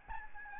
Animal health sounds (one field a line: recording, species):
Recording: mosquito wingbeat signal from an infrared sensor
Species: Aedes albopictus